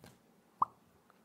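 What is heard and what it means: A magnetic charging cable plug is pulled off the charging port of a MacBook Pro 14", and the magnets release with a loud, sharp plop at 0.6 s. Faint small ticks are heard near the start and at 1.1 s, with quiet low background hum. The connector pops off and is released.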